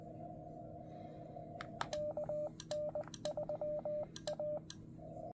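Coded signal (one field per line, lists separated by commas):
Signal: Morse code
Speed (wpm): 20 wpm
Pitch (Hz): 600 Hz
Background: none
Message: KN3A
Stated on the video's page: Morse sent with a Xiegu X6100 transceiver.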